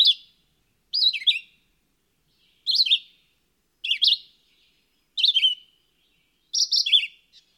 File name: Viréo-aux-yeux-rouges